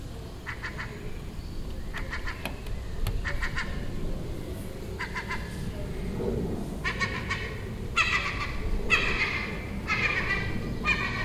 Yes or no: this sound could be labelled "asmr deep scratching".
no